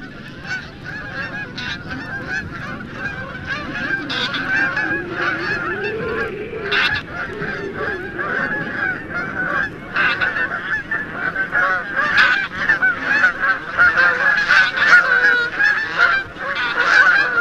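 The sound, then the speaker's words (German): A flock of geese calls continuously in flight, overlapping honks and varied cackling calls rising and falling, growing louder toward the end, with no talking. “Unsere Aufnahme gibt mehrere Rufformen in einem fliegenden Schwarm wieder.”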